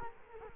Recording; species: mosquito wingbeat signal from an infrared sensor; Culex quinquefasciatus